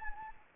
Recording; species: mosquito wingbeat signal from an infrared sensor; Anopheles gambiae